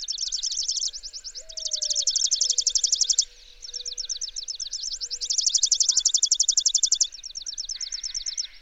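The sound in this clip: Bird trilling rapidly and high, with loud buzzy bursts alternating with quieter stretches, plus a faint low whistle and short soft notes.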